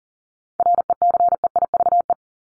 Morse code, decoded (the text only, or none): RECEIVE